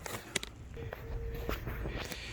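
On a BMW E66 with an automatic trunk, the first plastic ball socket of the trunk lift strut is pushed by hand onto its ball stud on the trunk hinge. It snaps on with a sharp click at 0.4 s, between smaller ticks and handling noise, while a faint steady tone hums through the middle of the clip. The socket is seated in place, the first of the pair.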